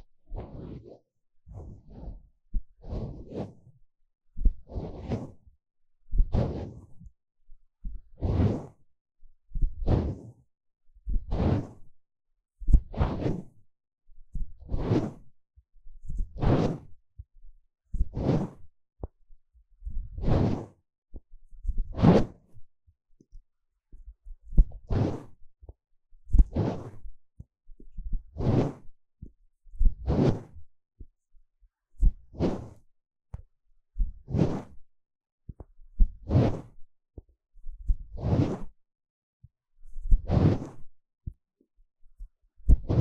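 Scratching and tapping at the eardrum: rough, swishing strokes repeat at a steady pace, roughly one every second and a half, each rising from a low rumble to a bright scrape. The first few seconds hold smaller, quicker, irregular taps before the rhythm settles.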